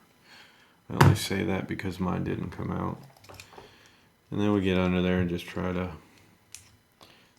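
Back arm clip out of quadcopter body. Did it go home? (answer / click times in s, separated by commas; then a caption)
released / 6.5 s. Someone talks while reaching under the back arm of a Hubsan Zino or Zino Pro quadcopter to unsnap its plastic clip from the drone body. A sharp snap is heard at 6.6 seconds as the clip releases and the arm comes free.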